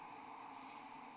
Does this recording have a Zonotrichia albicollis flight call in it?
no